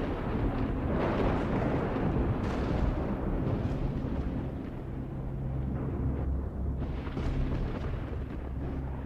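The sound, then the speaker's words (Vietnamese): A lightning bolt strikes a straw effigy thrown into the air, blowing it apart in midair, erupting into a loud, sustained rumbling roar with crackling bursts and deep booms that rolls on for several seconds, with no voices. “Chỉ thấy một tia sét chiếu từ trên tầng không giáng xuống, đánh cho con hình nhân nổ tan tành trên tầng không trước ánh mắt kinh hãi của mọi người.”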